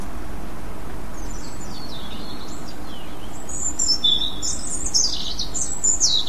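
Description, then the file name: European robin song: high thin phrases starting faint and soft, then ending in louder bright trills and sharp high slurs, over steady hiss. "rouge gorge"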